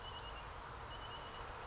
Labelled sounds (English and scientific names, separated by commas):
Western Flycatcher (Empidonax difficilis)